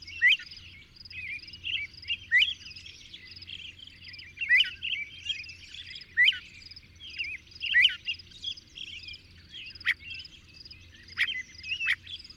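Birds singing: scattered sharp, high chips and varied twitters from several birds overlap in an irregular chorus.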